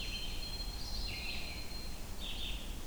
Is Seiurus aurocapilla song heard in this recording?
no